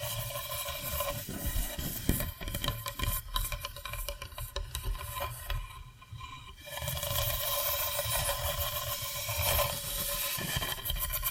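Tapping and scratching sounds, with dense clusters of quick taps and rough scratches through the first six seconds. A steady, engine-like hum with a low rumble runs underneath throughout. Things briefly quiet around the six-second mark, then the steady hum resumes with sparser taps.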